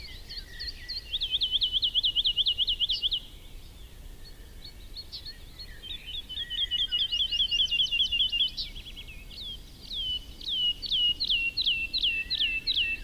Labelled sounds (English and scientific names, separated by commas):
Wood Lark (Lullula arborea) song